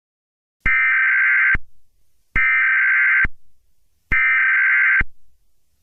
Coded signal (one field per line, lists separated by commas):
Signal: Emergency Alert System (SAME) tones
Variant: header bursts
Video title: eas scenario catemojibabyheat part 11